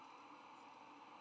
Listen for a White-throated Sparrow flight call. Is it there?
no